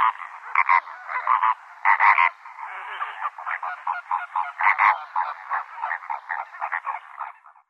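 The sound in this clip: Lesser flamingo flock chatter: bursts of clipped, nasal honking notes in quick uneven runs, rising and falling in loudness, easing off at the end.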